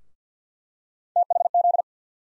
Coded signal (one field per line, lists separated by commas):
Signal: Morse code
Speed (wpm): 50 wpm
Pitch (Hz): 700 Hz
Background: none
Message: THZ